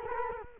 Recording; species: mosquito wingbeat signal from an infrared sensor; Culex quinquefasciatus